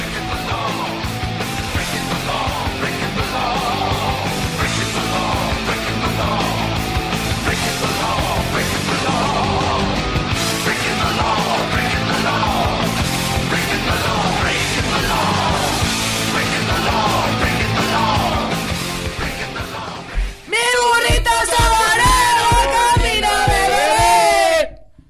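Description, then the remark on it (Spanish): Several people yell loudly and continuously for about twenty seconds in a dense, raucous wall of voices, then shift into wavering, higher-pitched hollering before it abruptly stops. “Ahora ya hemos gritado.”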